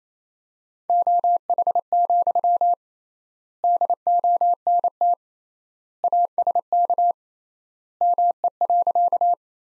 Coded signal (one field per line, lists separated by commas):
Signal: Morse code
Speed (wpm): 28 wpm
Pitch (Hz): 700 Hz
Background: none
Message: OH, DONT ASK ME.